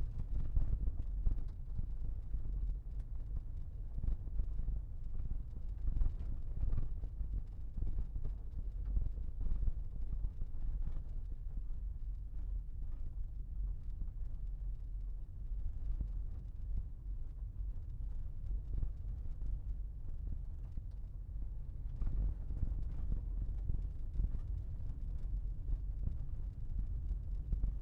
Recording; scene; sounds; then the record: everyday scene through a hearing-aid microphone; in a vehicle; engine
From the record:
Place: Berlingo II, diesel engine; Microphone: behind the ear, left, front